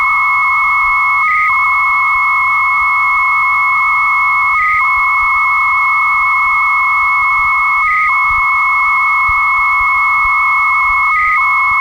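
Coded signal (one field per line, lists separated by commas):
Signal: 300-baud modem data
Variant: Bell 103 300 baud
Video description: Deux modems qui communiquent entre eux à 300bps pour transférer un fichier de 5ko.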